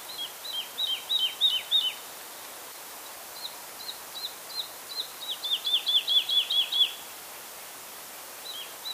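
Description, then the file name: Woodlark singing in short bursts of sweet, descending notes separated by pauses, ending with a rapid trill-like series of repeated falling notes and a brief restart. "Tottavilla"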